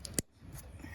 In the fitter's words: I hear a click.